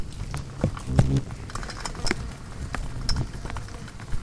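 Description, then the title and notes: Insects knocking against a light, sparse sharp taps and a few buzzy flutters over a low hum. Hundreds of insects frantically congregating at night around a lone porch bulb, wildlife ranch in Mmabolela savannah, South Africa, November 2016; mix of six mics including miniature omnis; Zoom F8 recorder. "Hundreds of Bugs. One Lightbulb. a bulb hanging on the porch of a wildlife ranch in South Africa."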